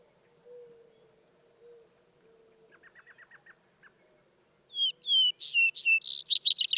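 Vesper Sparrow singing two sweet downslurred whistles, then bright notes and the start of a trill; earlier, soft low hoots and a short series of faint chips.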